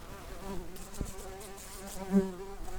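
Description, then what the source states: Common carder bee buzzing, a low steady hum with faint overtones that wavers slightly in strength, with a brief louder swell near the end. Workers.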